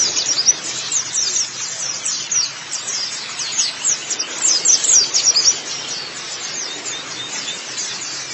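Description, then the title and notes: White-eye song: bursts of rapid, very high chirps, loud and busy for about five seconds, then softer continuous twittering. "Kicauan Burung Pleci Durasi Panjang. Suara kicauan burung pleci"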